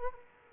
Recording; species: mosquito wingbeat signal from an infrared sensor; Culex quinquefasciatus